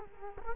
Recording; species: mosquito wingbeat signal from an infrared sensor; Culex quinquefasciatus